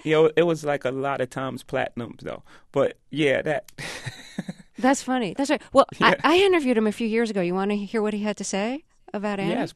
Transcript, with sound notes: it was like, a lot of times platinum, though. But, yeah, that.
(Soundbite of laughter)
(SOUNDBITE OF LAUGHTER)
That's funny. That's right.
Yeah.
Well, I interviewed him a few years ago. You want to hear what he had to say about "Annie"?